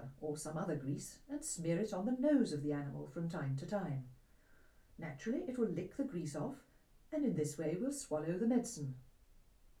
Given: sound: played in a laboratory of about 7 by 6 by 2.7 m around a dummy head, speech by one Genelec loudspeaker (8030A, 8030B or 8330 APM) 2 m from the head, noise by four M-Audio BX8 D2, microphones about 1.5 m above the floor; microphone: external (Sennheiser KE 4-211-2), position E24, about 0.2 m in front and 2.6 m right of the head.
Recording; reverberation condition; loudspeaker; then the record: female speech in English; low; in front (0 degrees)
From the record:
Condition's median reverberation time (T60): about 310 ms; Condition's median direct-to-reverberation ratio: about 3.5 dB